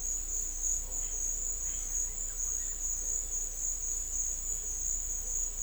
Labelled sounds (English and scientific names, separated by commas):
none